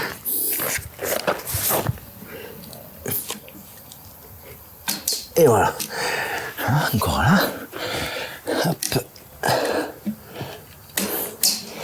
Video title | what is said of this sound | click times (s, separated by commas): aménagement nouveau poulaillers | Donc là c'est clipsé. | 11.0 s, 11.4 s